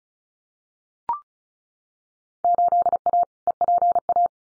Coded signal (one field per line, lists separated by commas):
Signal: Morse code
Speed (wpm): 34 wpm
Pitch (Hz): 700 Hz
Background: none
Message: 8A EPA